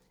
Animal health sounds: pig call; piglet (1 to 25 days)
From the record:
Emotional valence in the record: positive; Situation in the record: short reunion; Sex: male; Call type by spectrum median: low-frequency call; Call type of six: low-frequency tonal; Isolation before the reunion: 3 minutes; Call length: 0.12 s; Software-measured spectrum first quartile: 291 Hz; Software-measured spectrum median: 1291 Hz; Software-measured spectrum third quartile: 5689 Hz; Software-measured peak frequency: 167 Hz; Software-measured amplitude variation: 66 dB a second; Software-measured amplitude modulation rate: 26.2 a second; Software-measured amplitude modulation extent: 2.5 dB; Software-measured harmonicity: 1.3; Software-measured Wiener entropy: -1.89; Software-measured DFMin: 1283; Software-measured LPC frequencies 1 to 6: 463, 2082, 4268, 5391, 6430, 6926 Hz

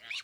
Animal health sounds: pig call; piglet (1 to 25 days)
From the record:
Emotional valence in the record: positive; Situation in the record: short reunion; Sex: female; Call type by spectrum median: high-frequency call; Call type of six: mixed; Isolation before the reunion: 3 minutes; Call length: 0.24 s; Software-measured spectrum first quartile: 2423 Hz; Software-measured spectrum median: 2951 Hz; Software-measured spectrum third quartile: 3935 Hz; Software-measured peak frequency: 2337 Hz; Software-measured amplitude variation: 183 dB a second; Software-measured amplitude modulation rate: 14.6 a second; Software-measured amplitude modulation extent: 12.6 dB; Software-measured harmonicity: 2.9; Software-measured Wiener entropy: -1.85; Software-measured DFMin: 1002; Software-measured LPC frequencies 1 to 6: 2381, 2867, 3684, 4257, 5740, 6855 Hz

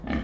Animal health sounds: pig call; growing-finishing pig (85 days or more)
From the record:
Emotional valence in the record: negative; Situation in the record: barren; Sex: female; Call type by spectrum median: low-frequency call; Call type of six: low-frequency tonal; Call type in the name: low-frequency stable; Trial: 3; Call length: 0.24 s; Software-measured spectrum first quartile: 185 Hz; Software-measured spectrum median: 355 Hz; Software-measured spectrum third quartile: 1231 Hz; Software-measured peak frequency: 234 Hz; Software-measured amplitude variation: 158 dB a second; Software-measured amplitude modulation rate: 23.2 a second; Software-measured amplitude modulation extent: 6.8 dB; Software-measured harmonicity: 0.7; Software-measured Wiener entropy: -1.54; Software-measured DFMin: 521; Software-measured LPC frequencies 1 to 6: 1786, 2149, 3077, 4070, 5174, 6199 Hz

